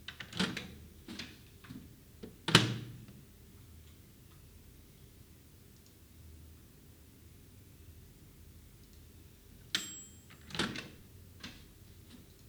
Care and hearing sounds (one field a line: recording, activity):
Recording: daily activity, guitar pickup as the sensor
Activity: use microwave